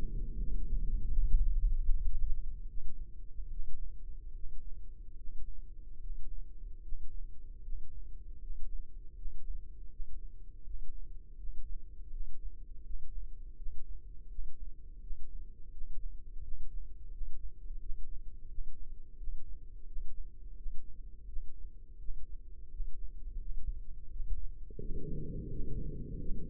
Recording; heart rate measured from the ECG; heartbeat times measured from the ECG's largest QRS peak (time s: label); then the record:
heart sounds by microphone in the left ear; 81 bpm
0.36 s: heartbeat
1.10 s: heartbeat
1.85 s: heartbeat
2.66 s: heartbeat
3.48 s: heartbeat
4.32 s: heartbeat
5.14 s: heartbeat
5.98 s: heartbeat
6.80 s: heartbeat
7.61 s: heartbeat
8.38 s: heartbeat
9.13 s: heartbeat
9.88 s: heartbeat
10.62 s: heartbeat
11.35 s: heartbeat
12.08 s: heartbeat
12.81 s: heartbeat
13.54 s: heartbeat
14.27 s: heartbeat
14.99 s: heartbeat
15.69 s: heartbeat
16.40 s: heartbeat
17.09 s: heartbeat
17.78 s: heartbeat
18.46 s: heartbeat
19.15 s: heartbeat
19.84 s: heartbeat
20.54 s: heartbeat
21.25 s: heartbeat
21.97 s: heartbeat
22.68 s: heartbeat
23.37 s: heartbeat
24.08 s: heartbeat
24.77 s: heartbeat
25.48 s: heartbeat
26.17 s: heartbeat
From the record:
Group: healthy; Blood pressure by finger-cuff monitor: 111/70 mmHg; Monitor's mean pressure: 81 mmHg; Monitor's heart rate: 82 bpm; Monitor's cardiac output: 7.1 L/min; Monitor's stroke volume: 86 mL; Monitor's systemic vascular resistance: 820 dyn s/cm5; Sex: male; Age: 33 years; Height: 179 cm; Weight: 80.4 kg